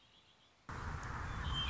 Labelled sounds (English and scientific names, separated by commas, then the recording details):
Red-winged Blackbird (Agelaius phoeniceus)
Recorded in Sonoma County, California